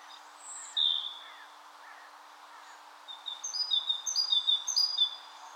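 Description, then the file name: Great tit calls: a loud single note near the start, then a rapid series of repeated high, sharp two-part notes over the last two and a half seconds, with faint background hiss. "Parus major"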